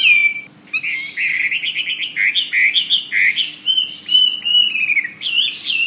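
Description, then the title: Bird song: a rapid run of whistled, rising and falling notes between chirps, varied phrases following one another without pause, with a faint steady hum beneath. "SuaraBurung Kicau"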